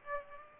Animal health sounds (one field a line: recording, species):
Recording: mosquito wingbeat signal from an infrared sensor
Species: Aedes aegypti